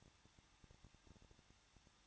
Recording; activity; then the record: daily activity, microphone in the room; no activity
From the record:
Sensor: 3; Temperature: 21.2 degrees Celsius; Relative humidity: 36.3%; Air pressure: 1006.3 hPa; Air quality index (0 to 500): 222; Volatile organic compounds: 41 ppm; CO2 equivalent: 3161 ppm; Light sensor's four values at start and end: 2/3/2/2 and 2/3/2/2